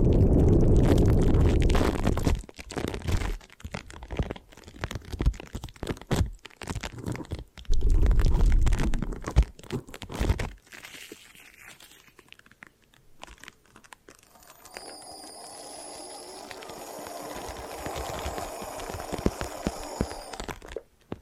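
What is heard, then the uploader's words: Hair washing and brushing with bursts of wet, crackly scrubbing, then a softer stretch where a steady high ringing tone drifts over gentle rustling. ASMR Hypnotic Hair Washing, Brushing and Massage with Layered Sounds (No Talking).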